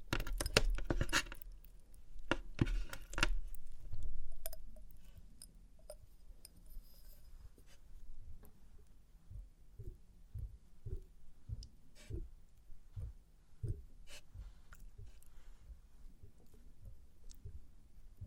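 Test tubes being handled: the opening seconds bring loud, bright clattering and glassy knocks, with a dense burst near the start and sharp hits around 2.5 and 3 seconds. After that, softer irregular taps and low thuds come every second or so, with quiet rustling between them.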